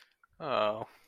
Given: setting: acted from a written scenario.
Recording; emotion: vocal sound without words; sadness